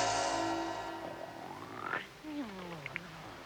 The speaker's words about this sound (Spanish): Estás roncando.